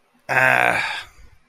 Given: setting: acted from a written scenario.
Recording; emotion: vocal sound without words; guilt